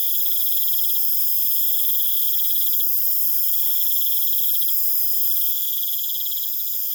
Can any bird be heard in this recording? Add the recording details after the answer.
no. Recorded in pastures near Puerto Asís, Putumayo, Colombia, on 25 June 2025 at 20:30. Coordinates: 0.487, -76.322. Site H26